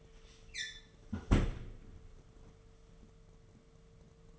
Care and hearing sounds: daily activity, microphone in the room; close fridge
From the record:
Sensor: 4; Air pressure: 1015.8 hPa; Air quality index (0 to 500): 186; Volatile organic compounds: 9 ppm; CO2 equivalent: 2152 ppm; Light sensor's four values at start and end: 13/31/13/14 and 16/37/16/16

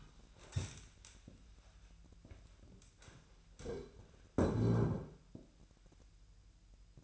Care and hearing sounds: daily activity, microphone in the room; stand up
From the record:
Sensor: 2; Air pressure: 1001.6 hPa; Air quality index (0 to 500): 243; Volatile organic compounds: 78 ppm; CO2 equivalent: 3589 ppm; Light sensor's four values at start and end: 10/25/10/11 and 8/18/7/8

